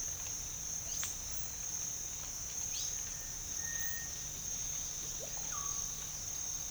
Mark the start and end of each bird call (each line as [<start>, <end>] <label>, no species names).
[3.59, 4.18] bird call
[5.17, 5.99] bird call